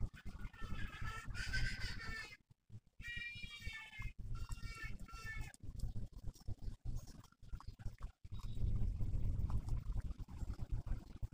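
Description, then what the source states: Monkey squeals: high, harmonic whining calls in two bursts in the first five seconds over steady rustling and crackling, then only rustling noise. Several monkeys, ASMR style.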